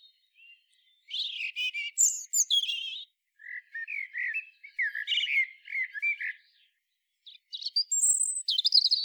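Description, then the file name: European robin singing several short varied phrases of high trills, sharp chirps and sweet whistles, separated by brief pauses. "Erithacus rubecula"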